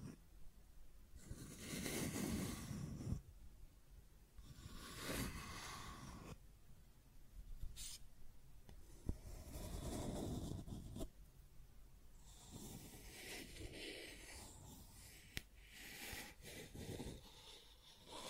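Scratching and tracing sounds come in uneven strokes, each lasting a second or two with short pauses between, roughly every two to three seconds. The strokes are rough and hissy with a low rumble underneath, and a few sharp clicks mark the start of some.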